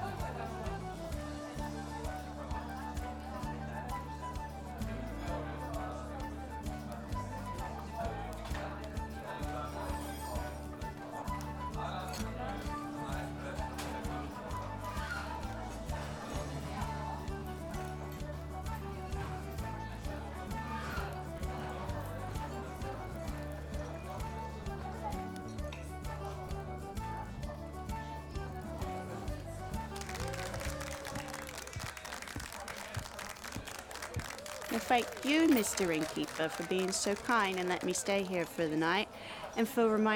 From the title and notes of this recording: An Evening at The Inn at the Edge of Greenwood. This soundscape featuring sound design by Melissa Coons and snippets of conversation overheard from the first season of IEG.